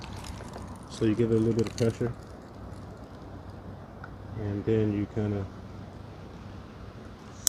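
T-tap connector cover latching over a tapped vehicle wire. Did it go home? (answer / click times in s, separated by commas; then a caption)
yes / 7.5 s. Someone talks while pressing the hinged cover of a plastic T-tap wire connector down over a tapped vehicle wire with a little pressure, during installation of Auxito 50W load resistors on a Chevy Cruze. A sharp snap is heard at 7.5 s as the cover latches closed, and the connector is seated.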